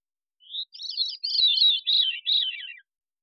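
Veery singing one airy, reedy phrase that opens with a short rising note, then tumbles downward in a series of rolling, overlapping loops.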